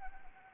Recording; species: mosquito wingbeat signal from an infrared sensor; Anopheles arabiensis